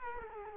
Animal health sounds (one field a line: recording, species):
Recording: mosquito wingbeat signal from an infrared sensor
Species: Culex quinquefasciatus